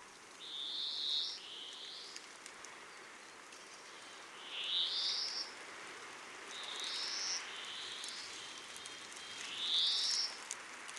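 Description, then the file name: European greenfinch giving a series of buzzy, upward-slurred wheezes, some doubled, spaced a few seconds apart over steady background hiss. "Chloris chloris"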